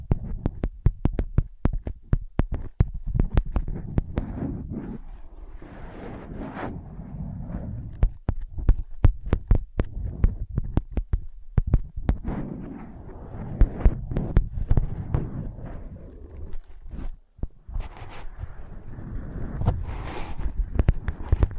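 Tapping and scratching on ear pads, heard as if from inside them. Dense, irregular thumps and sharp taps come rapidly throughout, over a low, muffled rumble and rustling scratches, with a brief near-silent dip around seventeen seconds.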